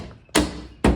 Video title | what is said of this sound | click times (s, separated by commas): Recovering from a rabbit attack! | And then this snaps right into place, | 0.4 s, 0.8 s